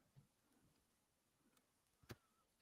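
A modular storage cube unit, part of a cube system for laying out LEGO, is stacked on top of another cube. Faint handling noises lead up to a single sharp click at 2.1 s as the cube seats into place.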